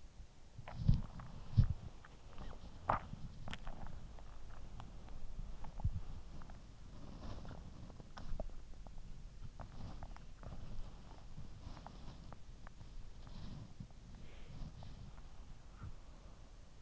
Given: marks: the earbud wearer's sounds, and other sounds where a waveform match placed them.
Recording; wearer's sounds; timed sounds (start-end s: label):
sounds in sleep by an in-ear microphone; body movement, breath
0.00-16.82 s: body movement
13.85-16.23 s: breath